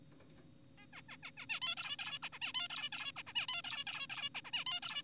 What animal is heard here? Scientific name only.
Taeniopygia guttata